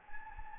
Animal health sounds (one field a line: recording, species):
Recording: mosquito wingbeat signal from an infrared sensor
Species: Anopheles gambiae